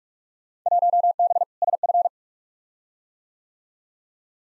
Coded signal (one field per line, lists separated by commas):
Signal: Morse code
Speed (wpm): 46 wpm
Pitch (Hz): 700 Hz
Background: none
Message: 1B SF